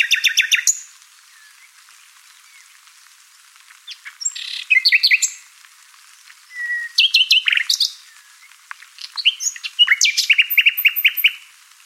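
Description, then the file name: Common nightingale singing: separate phrases of fast, repeated clicking notes, rich warbles and a short whistle, with pauses of one to three seconds between phrases. "Luscinia megarhynchos"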